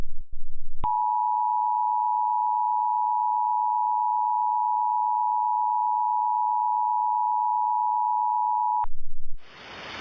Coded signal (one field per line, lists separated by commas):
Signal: Emergency Alert System (SAME) tones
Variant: 853 and 960 Hz attention tone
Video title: EAS Remake: Tornado Warning for Knoxville, TN